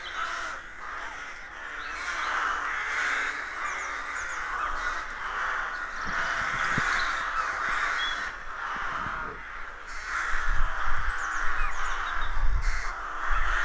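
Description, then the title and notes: Rooks calling in a noisy colony, harsh caws overlapping continuously, with low rumbling noise growing stronger later. Colony of more than 300 rooks nesting in a dozen roadside trees in deeply rural County Armagh, early spring; pairs greeting, squabbling with neighbours as first chicks hatch. "Sound Escape 113: Enjoy the stirring cacophony of a rook colony. We wandering in deeply rural County Armagh. It's early spring and the rooks rule the woodlands. BBC Countryfile Magazine's Sound Escapes"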